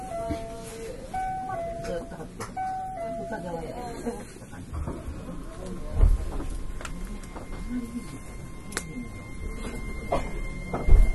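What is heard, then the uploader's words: Aboard an express on the Kyoto Line, a chime melody of short stepped tones plays through the first four seconds over a low rumble. Voices then speak over steady train noise, with a sharp knock near six seconds and another right at the end. 阪急電鉄 9300系電車の走行音です。 京都線の特急列車にて収録しました。 From Kawaramachi (Kyoto) to Umeda (Osaka). Express on Kyoto Line.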